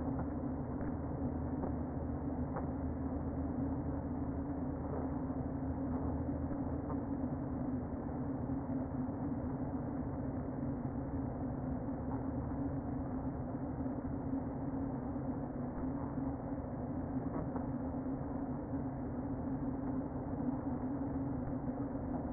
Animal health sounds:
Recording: honeybee colony, microphone inside the hive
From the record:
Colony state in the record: queen present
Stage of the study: before two queens were removed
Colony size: about 60,000 bees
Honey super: yes

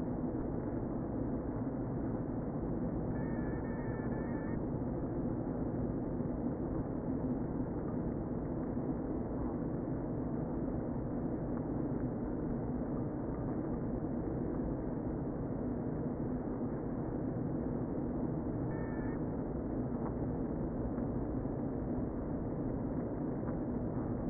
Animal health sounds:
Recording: honeybee colony, microphone inside the hive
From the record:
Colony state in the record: queen present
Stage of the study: before two queens were removed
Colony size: about 60,000 bees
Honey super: yes

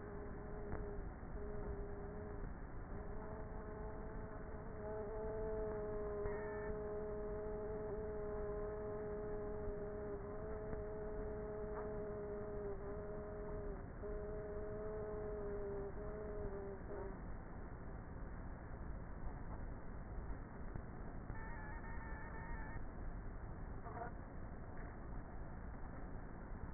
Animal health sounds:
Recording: honeybee colony, microphone inside the hive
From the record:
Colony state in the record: queenless with a low population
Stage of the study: before two queens were removed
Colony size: about 30,000 bees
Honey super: no

